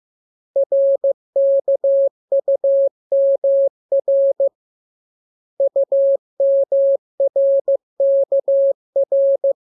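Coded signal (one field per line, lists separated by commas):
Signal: Morse code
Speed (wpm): 15 wpm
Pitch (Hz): 550 Hz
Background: none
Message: RKUMR UMRKR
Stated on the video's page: Morse lesson for the letters K, M, U and R, sent as a radiogram that opens with VVV and a section sign and closes with AR.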